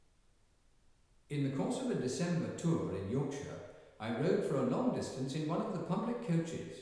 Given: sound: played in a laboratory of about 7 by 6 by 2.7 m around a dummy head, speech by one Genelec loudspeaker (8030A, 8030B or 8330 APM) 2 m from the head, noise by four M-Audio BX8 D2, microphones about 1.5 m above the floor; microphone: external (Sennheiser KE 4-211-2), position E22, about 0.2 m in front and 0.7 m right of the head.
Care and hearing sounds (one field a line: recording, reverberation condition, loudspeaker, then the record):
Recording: male speech in English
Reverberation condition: high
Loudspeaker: 30 degrees to the right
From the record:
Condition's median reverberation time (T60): about 1300 ms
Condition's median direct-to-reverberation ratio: about -4.0 dB